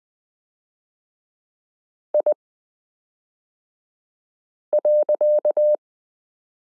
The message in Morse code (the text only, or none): I .